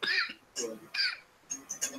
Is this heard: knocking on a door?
no